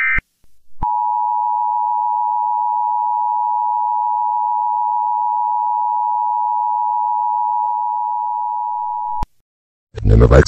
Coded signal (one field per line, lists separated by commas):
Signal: Emergency Alert System (SAME) tones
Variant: 853 and 960 Hz attention tone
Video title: EAS Mini Scenario: REVERSE